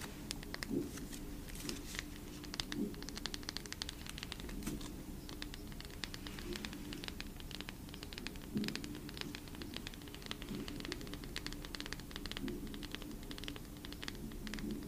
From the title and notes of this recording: Asmr photocard collection. Photocard tapping. Blue yeti microphone.